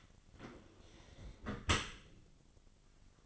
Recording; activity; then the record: daily activity, microphone in the room; close dishwasher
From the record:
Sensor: 4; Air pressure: 1003.9 hPa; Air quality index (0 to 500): 145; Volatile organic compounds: 2 ppm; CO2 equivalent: 1041 ppm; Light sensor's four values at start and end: 18/43/18/19 and 19/45/19/19